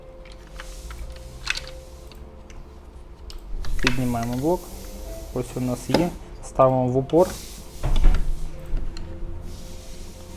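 While reassembling the brew unit of a Saeco/Philips coffee machine, a plastic brew-unit part is lifted and set against the stop in the brew unit assembly as someone talks, with light handling taps and knocks around it. Nothing has seated or clicked yet; the clip ends just before the part goes home.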